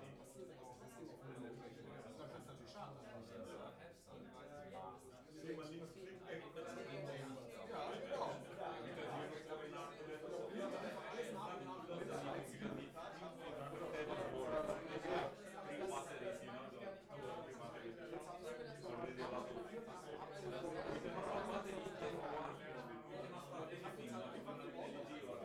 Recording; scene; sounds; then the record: everyday scene through a hearing-aid microphone; many people talking; many voices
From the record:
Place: bistro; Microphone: behind the ear, left, rear